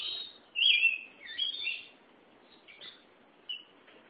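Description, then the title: Oriental magpie-robin song: a few clear, warbled whistles up and down in pitch, then a pause and two short notes. Chirping song (kicauan) of the bird. "Suara Kicauan Burung Kacer Durasi Panjang"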